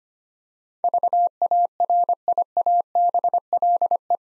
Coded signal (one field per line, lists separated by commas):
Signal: Morse code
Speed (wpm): 25 wpm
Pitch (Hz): 700 Hz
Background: none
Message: VARIABLE